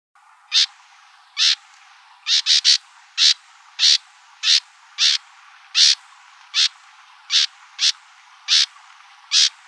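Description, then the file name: Bewick's wren repeating short, harsh buzzy notes about every half second to a second, with a quick cluster of three early on. Calls recorded in Arizona on 24 March 2002. "BEWR CALLS 1 deviche"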